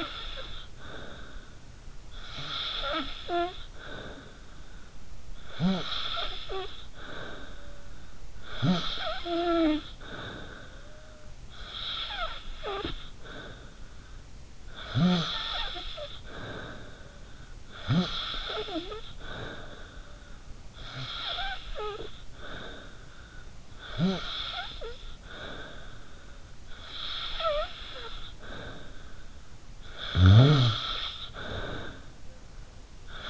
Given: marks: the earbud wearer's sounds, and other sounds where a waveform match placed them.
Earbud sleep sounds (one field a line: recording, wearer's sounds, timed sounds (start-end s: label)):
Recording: sounds in sleep by an in-ear microphone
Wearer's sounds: snoring breath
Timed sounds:
0.00-33.30 s: snoring breath